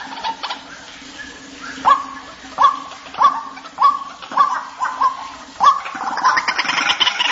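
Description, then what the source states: White-breasted waterhen calling: a sharp, upslurred note repeated at a steady pace, ending in a burst of harsh, noisy calls. Calls used as a lure (pikat).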